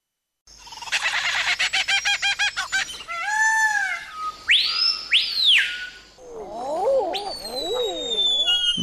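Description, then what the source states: Parrots calling: a fast train of harsh, buzzy notes, then loud squawks, bouncing down-slurred notes and a long whistled descending screech. Parrots, relatives of the cockatoo; described as poor singers that croak rather than sing.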